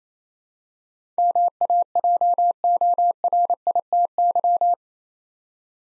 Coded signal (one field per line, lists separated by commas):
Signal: Morse code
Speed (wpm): 28 wpm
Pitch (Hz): 700 Hz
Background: none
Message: MAJORITY